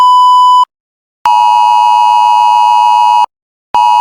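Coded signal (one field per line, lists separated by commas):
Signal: Emergency Alert System (SAME) tones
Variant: 853 and 960 Hz attention tone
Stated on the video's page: Fictional EAS scenario parodying anti-piracy screens.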